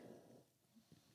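A pet pug dog snoring in the background.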